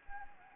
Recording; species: mosquito wingbeat signal from an infrared sensor; Anopheles arabiensis